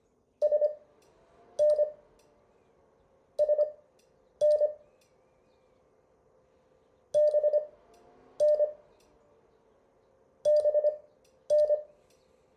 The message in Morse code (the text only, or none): SN SN BN BN